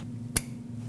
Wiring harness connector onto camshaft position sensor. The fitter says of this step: When you plug it in, you want to make sure it clicks.